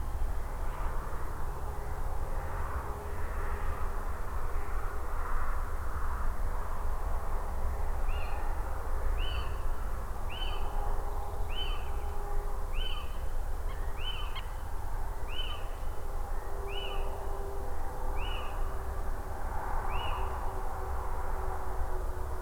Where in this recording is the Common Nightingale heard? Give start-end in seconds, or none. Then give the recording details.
11.08-12.07. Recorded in France